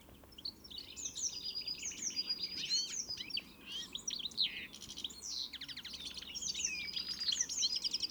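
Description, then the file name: European greenfinch delivering a continuous run of quick chirps, trills and buzzy notes for about eight seconds, low background hum underneath. "Chloris chloris"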